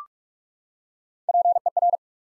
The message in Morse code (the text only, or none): PER